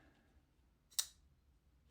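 A Real Steel Puukko S3 folding knife with an M390 blade, a titanium frame and a front flipper is flipped open fast, and its frame lock bar snaps against the blade at 1.0 s. The result is a single sharp, bright click over a quiet background, a fairly aggressive lock sound rather than a stealthy one, and the blade locks open.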